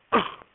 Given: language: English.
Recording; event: throat vibration sensor signal played as sound; cough